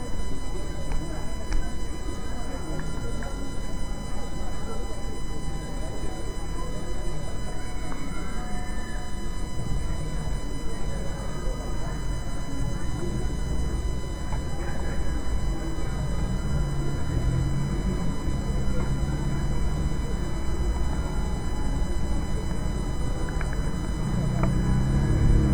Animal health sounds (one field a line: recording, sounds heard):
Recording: poultry house recording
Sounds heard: healthy chickens